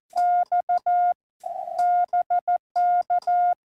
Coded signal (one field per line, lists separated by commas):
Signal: Morse code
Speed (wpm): 14 wpm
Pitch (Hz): 1420 Hz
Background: none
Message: X BK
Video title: April 6 2025 Sunday PM POTA Hunt